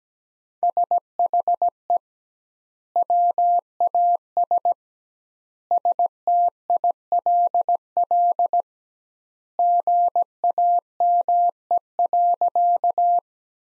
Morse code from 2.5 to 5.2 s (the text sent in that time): WAS